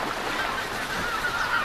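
Geese honking in a scattered series of short, nasal calls over a steady, rushing background noise, with no talking.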